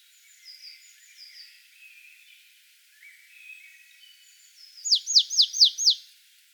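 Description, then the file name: Marsh tit calling with a quick series of five bright, steeply falling notes near the end, preceded by soft, scattered high chirps. "Poecile palustris"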